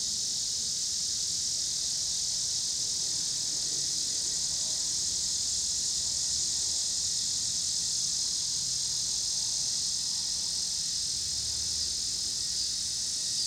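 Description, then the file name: Cicada chorus, a dense unbroken high buzz holding steady throughout, with soft low rumble of passing cars underneath. Cicadas in Pittsburgh, Pennsylvania, on 26 August 2023, with passing car noise. "2023-08-26 cicadas and cars Pittsburgh PA"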